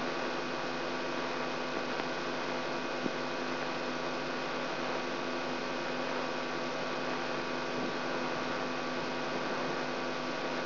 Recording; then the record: brain microelectrode recording played as sound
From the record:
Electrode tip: outside the subthalamic nucleus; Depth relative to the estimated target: 2 mm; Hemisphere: right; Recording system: AlphaMap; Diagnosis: Parkinson's disease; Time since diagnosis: 16 years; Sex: female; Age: 67 years